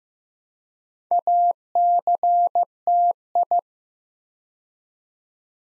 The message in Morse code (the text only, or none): ACTI